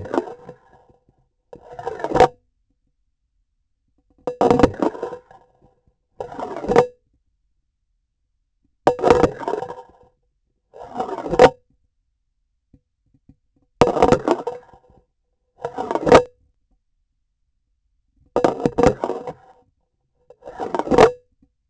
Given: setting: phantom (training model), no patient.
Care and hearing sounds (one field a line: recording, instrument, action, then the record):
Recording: laparoscopic instrument, vibration sensor on the handle end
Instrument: grasping forceps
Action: insertion and removal through the trocar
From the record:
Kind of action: spatial motion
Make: Olympus